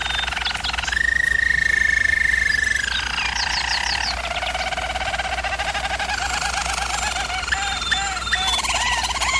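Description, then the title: German Roller canary: a smooth sustained roll for two seconds, then quicker pulsed and warbled trills with short upswept notes near the end; steady background hum. German Roller canary singing, recording made for canary training. "German Roller Canary Singing - Canary Training Vid"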